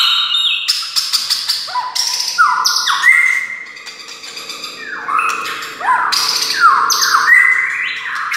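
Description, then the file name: White-rumped shama song, varied whistled phrases with downward slurs and scratchy notes, delivered in quick bursts. Wild forest bird. "suara murai hutan asli"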